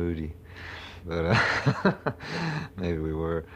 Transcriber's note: laughs